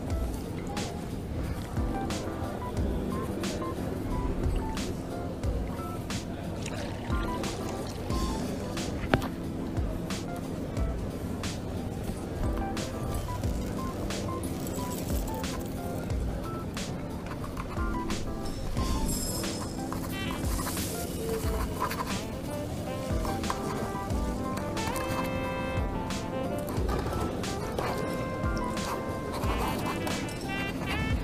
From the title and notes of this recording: Coffee shop ambience. Voices. Cutlery.